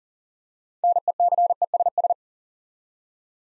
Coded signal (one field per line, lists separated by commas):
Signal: Morse code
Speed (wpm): 38 wpm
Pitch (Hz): 700 Hz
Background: none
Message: NECESS